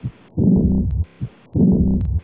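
A brief heart sound is followed by a loud, long, low rumbling murmur lasting about two-thirds of a second, repeating about 50 times a minute. It is the murmur of severe aortic regurgitation, with blood leaking back through the aortic valve during diastole.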